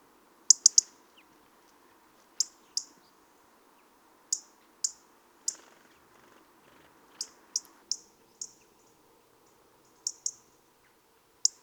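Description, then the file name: European robin making crisp, high-pitched ticks, singly and in short groups, at uneven intervals over a soft humming background. "Erithacus rubecula"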